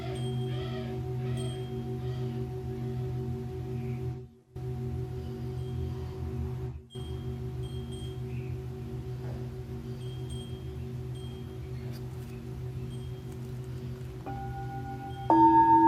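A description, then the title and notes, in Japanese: Singing bowls ring in a sound healing session, a steady low hum with long sustained tones layered above it. Two brief dropouts break the drone near four and seven seconds, and a new, brighter bowl strike enters around fourteen seconds, swelling louder at the end. 真夜中のシンギングボウルのサウンドヒーリング。チベタンシンギングボウルボウル。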